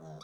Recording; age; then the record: pig call; piglet (1 to 25 days)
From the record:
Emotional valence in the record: negative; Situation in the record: long isolation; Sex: male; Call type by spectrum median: low-frequency call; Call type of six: mixed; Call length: 0.23 s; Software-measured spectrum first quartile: 202 Hz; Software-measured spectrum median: 557 Hz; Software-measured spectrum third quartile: 1388 Hz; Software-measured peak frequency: 633 Hz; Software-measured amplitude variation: 62 dB a second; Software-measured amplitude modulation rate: 12.8 a second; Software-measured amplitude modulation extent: 4.8 dB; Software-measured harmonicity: 2.8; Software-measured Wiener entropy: -1.14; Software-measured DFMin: 1061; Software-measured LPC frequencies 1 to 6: 599, 1276, 3742, 4695, 5615, 6248 Hz